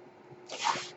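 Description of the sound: A brief airy whoosh rises then fades over a faint background hum, the sound of a home mechanical ventilator delivering air to its user.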